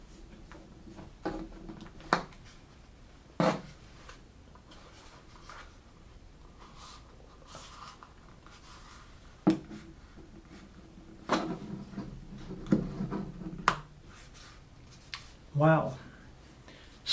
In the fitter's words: in first Wow snaps